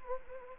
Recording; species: mosquito wingbeat signal from an infrared sensor; Anopheles gambiae